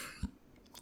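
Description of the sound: One short, low throat-clear from an adult man in a quiet room, fitting a lingering cough with throat irritation that comes on when speaking continuously.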